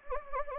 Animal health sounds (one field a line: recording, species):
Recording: mosquito wingbeat signal from an infrared sensor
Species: Anopheles gambiae